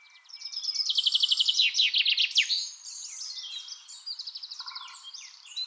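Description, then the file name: Common chaffinch song, a rapid run of notes tumbling downward into a flourish, followed by quieter chirps and a short low buzzy sound. "Fringilla coelebs"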